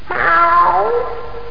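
Cat giving a single drawn-out meow that slides down in pitch toward its end.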